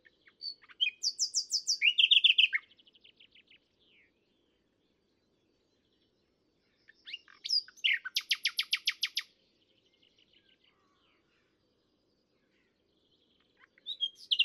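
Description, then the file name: Common nightingale song: varied phrases ending in fast, rattling high trills, repeated twice with pauses between, and a third phrase starting at the end. "Luscinia megarhynchos"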